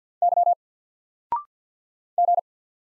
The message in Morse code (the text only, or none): Y G